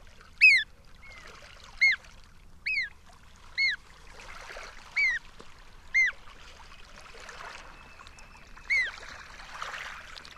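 Sooty oystercatcher repeating shrill, down-slurred piping notes at irregular intervals, about seven in all, against a steady background rush.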